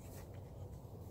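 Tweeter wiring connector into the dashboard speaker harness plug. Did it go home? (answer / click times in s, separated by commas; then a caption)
no / none. A plug-and-play tweeter's wiring connector is handled against the dashboard speaker harness plug of a Toyota Tacoma as it is about to be pushed in to latch. Only a low, steady rumble with faint rubbing and scratching is heard. Nothing has seated or clicked yet.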